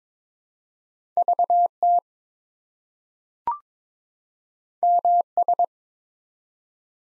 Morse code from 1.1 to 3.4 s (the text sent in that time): VT